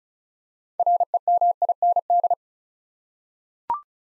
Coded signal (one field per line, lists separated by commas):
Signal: Morse code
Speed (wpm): 36 wpm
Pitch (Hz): 700 Hz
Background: none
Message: REMIND